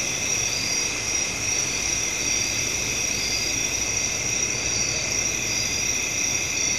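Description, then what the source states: Crickets give a constant high trilling chorus, several bright tones sustained throughout, alongside a broad rushing hiss. Crickets recorded at night.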